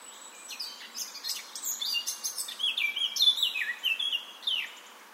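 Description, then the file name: Eurasian blackcap song with soft twittering that swells into rich, loud fluted whistles, several descending slurs near the end, and a faint hiss of background noise. "Sylvia atricapilla"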